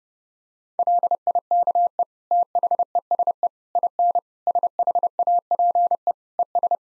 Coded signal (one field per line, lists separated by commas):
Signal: Morse code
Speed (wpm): 30 wpm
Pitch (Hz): 700 Hz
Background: none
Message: LIKE THESE IN SHAPE ES